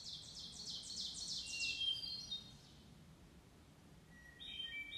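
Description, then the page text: Hermit thrush singing a high, fluty phrase of rapid notes, with a new phrase starting near the end over low background rumble. Maryland. "Maryland Biodiversity. Hermit Thrush ( Catharus guttatus )"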